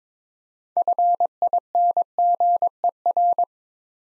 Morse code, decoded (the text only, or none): FINGER